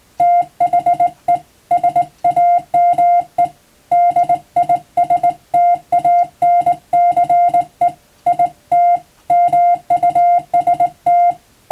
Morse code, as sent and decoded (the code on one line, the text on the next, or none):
- .... . / ... .- -- . / -.. .. ... - .- -. -.-. . / .. - / -- ..- ... -
THE SAME DISTANCE IT MUST